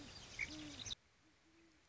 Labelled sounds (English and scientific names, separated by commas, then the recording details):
Great Horned Owl (Bubo virginianus)
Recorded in Sonoma County, California